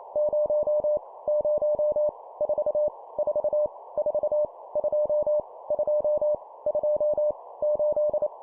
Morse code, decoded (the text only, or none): 0 0 4 4 4 2 2 2 8